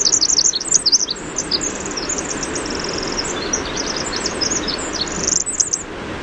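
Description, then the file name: Winter wren singing, a fast bubbling stream of high trills and chattering notes running nearly six seconds, with constant rushing noise beneath. "WIWR song"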